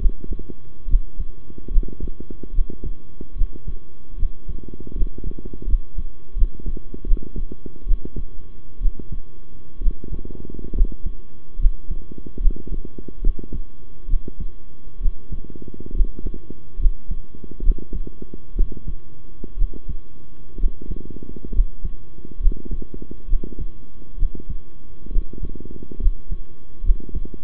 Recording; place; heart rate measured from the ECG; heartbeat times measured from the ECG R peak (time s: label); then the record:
heart sounds by stethoscope; between the tricuspid and mitral areas; 69 bpm
0.87 s: heartbeat
1.70 s: heartbeat
2.53 s: heartbeat
3.35 s: heartbeat
4.17 s: heartbeat
4.94 s: heartbeat
5.66 s: heartbeat
6.35 s: heartbeat
7.05 s: heartbeat
7.86 s: heartbeat
8.80 s: heartbeat
9.80 s: heartbeat
10.74 s: heartbeat
11.58 s: heartbeat
12.39 s: heartbeat
13.21 s: heartbeat
14.08 s: heartbeat
15.00 s: heartbeat
15.93 s: heartbeat
16.78 s: heartbeat
17.62 s: heartbeat
18.55 s: heartbeat
19.56 s: heartbeat
20.58 s: heartbeat
21.52 s: heartbeat
22.39 s: heartbeat
23.27 s: heartbeat
24.17 s: heartbeat
25.10 s: heartbeat
25.99 s: heartbeat
26.83 s: heartbeat
From the record:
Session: rest, sitting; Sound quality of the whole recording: good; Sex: male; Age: 23 years